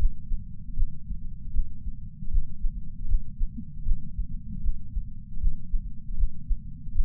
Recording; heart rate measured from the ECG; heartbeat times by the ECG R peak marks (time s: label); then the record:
heart sounds by patch sensor on the chest; 78 bpm
0.76 s: heartbeat
1.53 s: heartbeat
2.30 s: heartbeat
3.07 s: heartbeat
3.85 s: heartbeat
4.62 s: heartbeat
5.40 s: heartbeat
6.16 s: heartbeat
6.94 s: heartbeat
From the record:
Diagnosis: coronary artery disease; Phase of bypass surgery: postoperative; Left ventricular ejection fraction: 62.4%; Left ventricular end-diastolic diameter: 42 mm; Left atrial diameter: 36 mm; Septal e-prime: 5.8 cm/s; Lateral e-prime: 9.2 cm/s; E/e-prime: 7.3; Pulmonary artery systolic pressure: 36 mmHg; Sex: male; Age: 59 years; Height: 162 cm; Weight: 60 kg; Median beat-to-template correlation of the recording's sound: 0.83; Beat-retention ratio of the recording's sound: 0.99